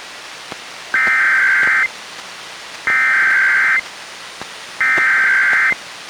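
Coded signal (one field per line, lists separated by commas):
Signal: Emergency Alert System (SAME) tones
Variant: header bursts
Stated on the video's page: AMBER Alert relayed by NOAA Weather Radio station in Olympia, recorded from a Reecom R-1630 weather radio.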